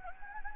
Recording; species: mosquito wingbeat signal from an infrared sensor; Anopheles gambiae